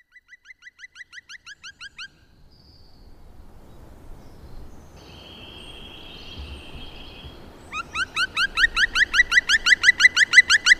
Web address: agykontroll Madardalok Cd 1. Fekete harkály